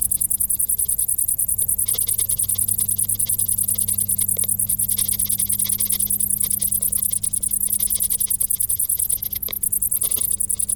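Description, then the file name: Cricket trilling in quick, shrill pulses, with a low steady drone beneath. "Grillen"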